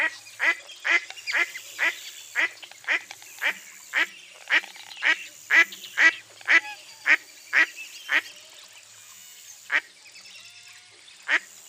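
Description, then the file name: Duck uttering a rapid sequence of harsh quacks that gradually spaces out and trails off into a few isolated calls. "zvuki glazchatoi kriakvy"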